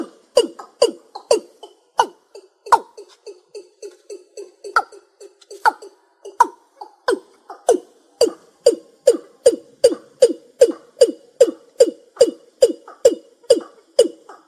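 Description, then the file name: Rail giving a rapid, uneven run of short knocking notes, with a few louder, higher notes and then a steady pulsing series. "Tieng ga nuoc keu"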